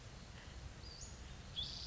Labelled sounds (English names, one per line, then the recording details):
Western Flycatcher
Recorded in Sonoma County, California